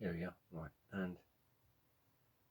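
A small reel component is handled during a fishing reel strip-down, pressed toward its place on the reel body after an earlier try gave no result. Someone talks in three short bursts over about 1.3 seconds, then near-silence with faint low background. The part has not seated or clicked back on yet.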